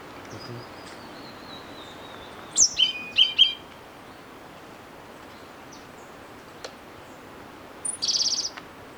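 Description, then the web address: Orange-bellied euphonia calls: a few short, sharp high notes in a quick cluster, then a brief buzzy burst later, over soft steady background hiss. Ecuador. "Natures Songs S America Birds of Ecuador. Orange-Bellied Euphonia"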